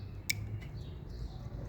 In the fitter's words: Now take your replacement sensor and reconnect the electrical connector, push it in until it clicks.